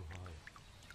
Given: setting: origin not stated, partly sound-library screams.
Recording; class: one-second piece from a danger detection set; normal situation